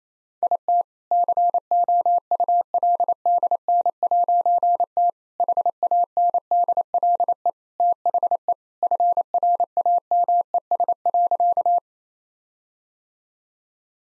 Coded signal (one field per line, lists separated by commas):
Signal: Morse code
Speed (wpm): 27 wpm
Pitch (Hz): 700 Hz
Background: none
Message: IT COULDN'T HANDLE THE FRAMES.